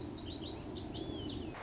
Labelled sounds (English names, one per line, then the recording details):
Lazuli Bunting
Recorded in Sonoma County, California